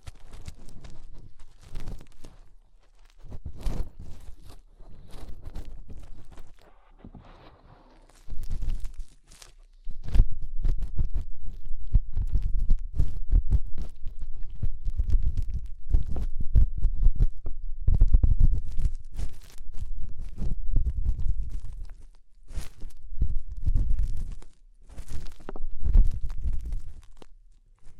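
Fingers rub and scrape inside an ear, making muffled low thumps and rumbles with sharp crackling bursts that reach up high. The scratching comes in irregular clusters, sparse for the first ten seconds, then denser and nearly continuous with brief pauses.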